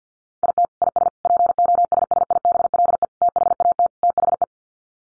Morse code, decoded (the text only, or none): IT IS POSSIBLE THAT THE